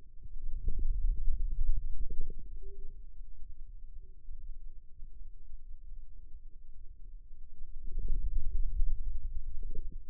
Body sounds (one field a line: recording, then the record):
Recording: forearm muscle sounds (acoustic myography)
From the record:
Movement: ulnar deviation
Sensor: system 2, bracelet of six BSWA MPA416 microphones around the upper forearm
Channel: 5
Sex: male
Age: 22 years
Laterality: right